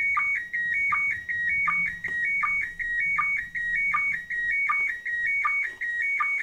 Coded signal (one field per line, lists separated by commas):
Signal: SSTV (slow-scan television)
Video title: Odbiór transmisji SSTV bezpośrednio ze stacji kosmicznej ISS